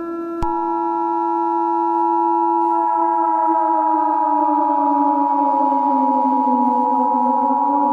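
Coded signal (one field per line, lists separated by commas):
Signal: Emergency Alert System (SAME) tones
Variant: 853 and 960 Hz attention tone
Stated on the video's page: Fictional EAS scenario, made for entertainment and not for broadcast; tones may be valid.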